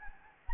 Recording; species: mosquito wingbeat signal from an infrared sensor; Anopheles gambiae